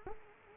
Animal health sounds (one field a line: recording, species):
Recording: mosquito wingbeat signal from an infrared sensor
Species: Culex quinquefasciatus